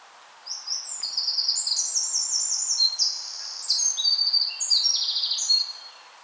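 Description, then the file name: Eurasian wren song: a loud, high, rapid jumble of trills and sharp notes running about five seconds, with the low range filtered silent. "Troglodytes troglodytes"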